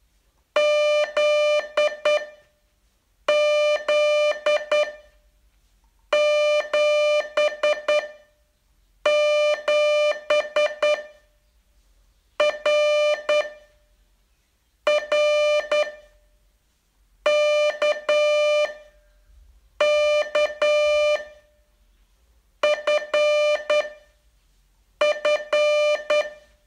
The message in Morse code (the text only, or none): Z Z 7 7 R R K K F F